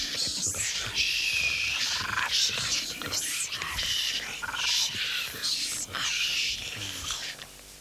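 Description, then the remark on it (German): Ducks take off in a rush of flapping wings, a steady run of loud, fluttering whooshes and splashy patter lasting several seconds, with no voices. “Enten fliegen auf.”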